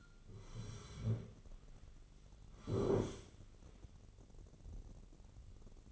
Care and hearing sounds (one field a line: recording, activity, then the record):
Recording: daily activity, microphone in the room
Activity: sit down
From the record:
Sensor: 4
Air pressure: 1010.2 hPa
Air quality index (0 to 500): 188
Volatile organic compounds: 3 ppm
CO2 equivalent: 1351 ppm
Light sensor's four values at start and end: 42/103/43/47 and 43/105/44/47